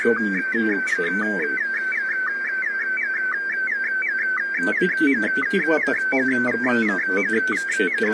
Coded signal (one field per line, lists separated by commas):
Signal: SSTV (slow-scan television)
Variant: Scottie DX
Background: speech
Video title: Общий вызов SSTV на частоте 7165 кГц, на 5 и 100 ваттах, с контролем через немецкий WEB SDR